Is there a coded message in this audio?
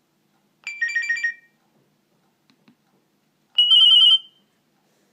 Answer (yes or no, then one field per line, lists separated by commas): no